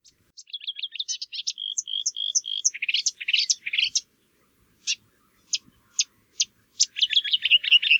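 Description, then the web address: Marsh warbler singing a quick, varied series of notes, then scattered single sharp notes before resuming a dense, varied chatter. "geluiden bosrietzanger"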